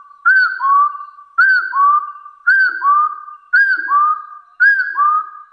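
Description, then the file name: Hill partridge call: five paired whistles, each a bright arched note sliding into a lower rising tone, evenly repeated about every second. "Tieng ga so nui"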